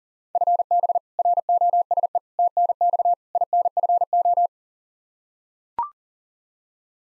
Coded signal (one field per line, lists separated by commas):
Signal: Morse code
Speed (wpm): 40 wpm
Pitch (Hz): 700 Hz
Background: none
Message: FB ROSE TNX INFO